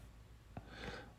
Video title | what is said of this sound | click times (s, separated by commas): 2015 Nissan Versa ,Winshield wiper | When you hear click, it's in the place. | 0.6 s